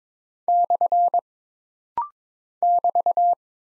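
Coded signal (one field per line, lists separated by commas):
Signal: Morse code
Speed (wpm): 22 wpm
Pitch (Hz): 700 Hz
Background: none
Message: / <BT>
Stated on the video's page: Rapid-fire Morse code practice of single punctuation marks and prosigns at 22 wpm, each character sent, then spoken, then sent again, for instant character recognition.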